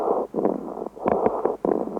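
Rapid, short breath sounds from an infant's chest heard by stethoscope, with brief popping clicks in both phases: mild inspiratory and expiratory crackles.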